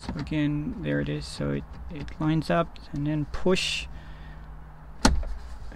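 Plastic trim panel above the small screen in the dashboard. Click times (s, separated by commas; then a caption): 5.0 s. Someone talks while lining up a plastic trim panel above the small screen in a Honda CR-V dashboard during an Android head unit install, then pushes it in on either side. One sharp click is heard at 5.1 s as the panel seats.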